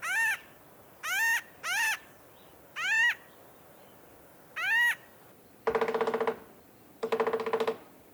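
Bird calls: five arched, ringing notes, then two longer, harsh, buzzy bursts with a steady hum-like tone through them.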